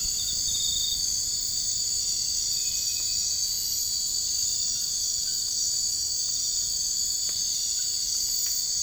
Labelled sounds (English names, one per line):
none